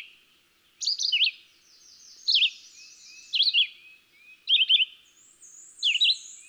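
Red-eyed Vireo song: about five short whistled, slurred phrases separated by brief pauses, over a quiet high background hiss.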